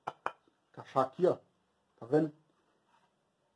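A wooden block for a chisel-sharpening jig is pressed into the routed recess cut for it in the jig base, giving two sharp knocks at 0.1 s and 0.3 s. The piece is seated, fitting exactly so it will not come out. Someone then talks.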